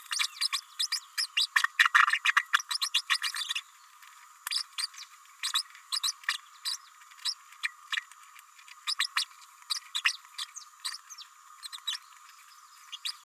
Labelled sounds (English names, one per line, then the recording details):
Green-rumped Parrotlet babbling
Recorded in a nest box in Venezuela
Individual 18B104A3